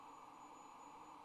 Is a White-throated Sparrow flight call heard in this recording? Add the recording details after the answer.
no. No flight call is heard. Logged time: 06:47 on 26 November 2014